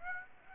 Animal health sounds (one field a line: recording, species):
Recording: mosquito wingbeat signal from an infrared sensor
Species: Aedes aegypti